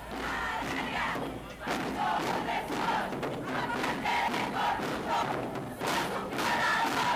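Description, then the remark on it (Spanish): A large crowd of women and feminists in the streets of San José on 8 February, chanting "Yo sí te creo" together in unison, loud and sustained, with rhythmic shouted phrases rising and falling over a constant roar of voices and occasional thuds. “El pasado 8 de febrero, las calles de San José se llenaron de mujeres y feministas que gritaron al unísono: "Yo sí te creo".”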